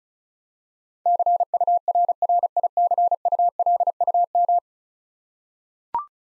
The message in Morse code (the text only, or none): CURRICULUM